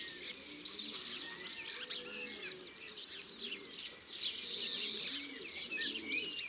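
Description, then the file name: European serin song, a fast, high, glittering jingle running on continuously, with some lower clear whistled notes from other birds beneath. "Serin cini ABC des chants doiseaux"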